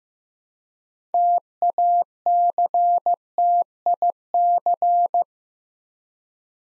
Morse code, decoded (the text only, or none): TACTIC